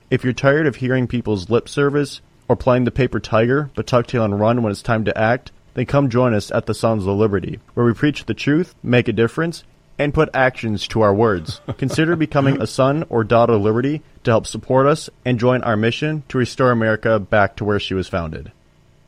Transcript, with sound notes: If you're tired of hearing people's lip service or playing the paper tiger but tuck tail and run when it's time to act, then come join us at the Sons of Liberty where we preach the truth, make a difference, and put actions to our words.
(laughs)
Consider becoming a Son or Daughter of Liberty to help support us and join our mission to restore America back to where she was founded.